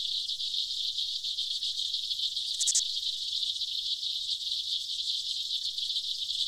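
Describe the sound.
Aquatic insects giving a continuous high-pitched buzzing drone, broken by a brief sharp click partway through.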